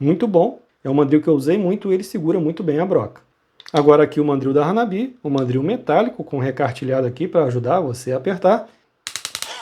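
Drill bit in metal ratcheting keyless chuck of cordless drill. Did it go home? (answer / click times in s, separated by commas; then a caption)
yes / 9.1 s, 9.2 s, 9.3 s, 9.4 s. Someone talks for most of the clip, then tightens the knurled, all-metal ratcheting keyless chuck of a Hanabi LJ2005 cordless drill onto a drill bit. This produces a rapid train of sharp ratchet clicks at 9.1, 9.2, 9.3, 9.4 and 9.4 seconds, and the chuck clicks tight and seats on the bit.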